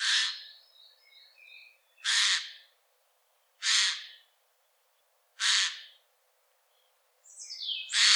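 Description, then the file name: Eurasian jay harsh screeching calls, loud rasping bursts repeated roughly every two seconds, with softer mewing whistles after the first. "Garrulus glandarius"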